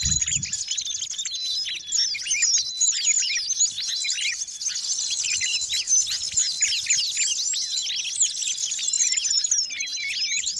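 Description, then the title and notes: Bird chorus: dense shrill chattering and trilling throughout, after a short low thud at the start. Noisy birds, used as a lure to attract wild birds. "Master Burung Ribut Durasi Panjang. Burung Ribut Pikat"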